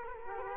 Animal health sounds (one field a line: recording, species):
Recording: mosquito wingbeat signal from an infrared sensor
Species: Culex quinquefasciatus